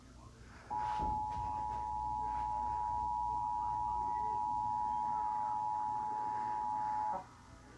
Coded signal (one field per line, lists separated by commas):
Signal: Emergency Alert System (SAME) tones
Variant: 853 and 960 Hz attention tone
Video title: Eas Tornado warning [2000-20??